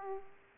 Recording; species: mosquito wingbeat signal from an infrared sensor; Aedes aegypti